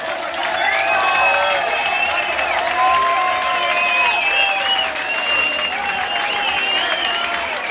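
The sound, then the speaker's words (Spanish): A crowd at a hardcore concert applauds and cheers loudly and steadily for several seconds, dense clapping mixed with whistles and high shouts, with no break in the noise. “Yo quiero pedir un aplauso”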